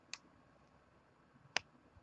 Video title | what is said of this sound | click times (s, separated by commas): Pelikan M7005 Majesty Review | satisfying click, and then you just screw it in place and you're done. | 1.6 s